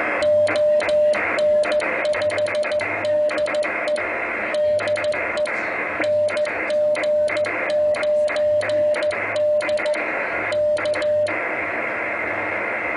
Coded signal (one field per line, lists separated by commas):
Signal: Morse code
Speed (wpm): 14 wpm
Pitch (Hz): 600 Hz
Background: music, radio noise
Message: ON5DE DE NG9D K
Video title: ICOM-703 3DX QSO